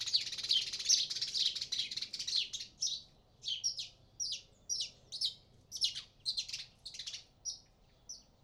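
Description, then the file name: House sparrow chirping: a dense burst of chirps, then single sharp chirps repeated in a quick series. "Passer domesticus"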